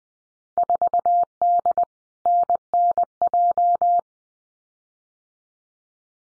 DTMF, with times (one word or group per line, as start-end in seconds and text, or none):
none